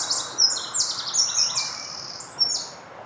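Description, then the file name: Eurasian wren song in full flow: shrill, rapid trills and ringing high notes running without a break. "Troglodytes troglodytes"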